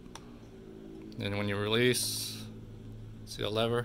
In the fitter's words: okay i hope that helps all all you do is um test it out it clicks into place